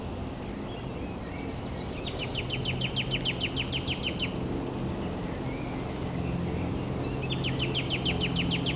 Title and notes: Voie Verte, Rte de l'Église du Tremblay, 73290 La Motte-Servolex, France - Exciter les rossignols. Au bord de la Leysse , j'avais amené avec moi une flûte à pouces en renouée du japon de ma fabrication pour tester son influence sur le chant des oiseaux , il semblerai que cela déclenche le chant des rossignols qui veulent défendre leur territoire